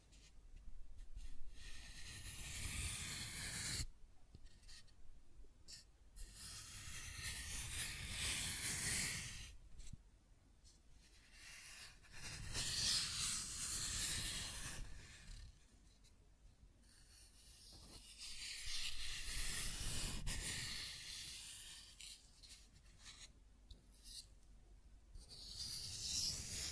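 Scratching and tracing strokes, a dry rubbing hiss that swells and fades in long passes of a few seconds each. Brief silent gaps separate the strokes, around every five seconds, with a faint low rumble under the brighter scraping.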